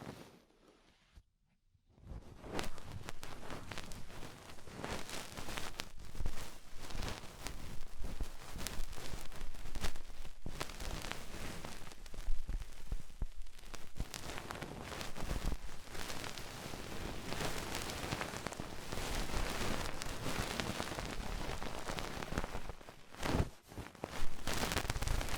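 Ear cleaning with rhinestone and clay removal: after about two seconds of near silence, dense crackling and scratching starts and runs almost without pause. The texture is bright and gritty, with brief dips around ten and twenty-three seconds before the rubbing resumes.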